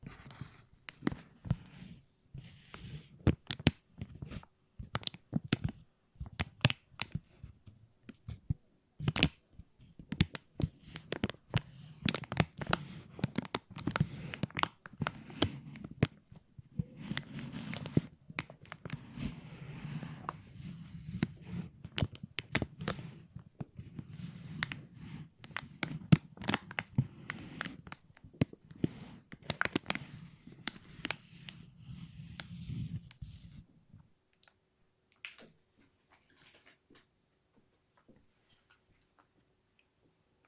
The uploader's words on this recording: ASMR Plastic Crinkle No Talking.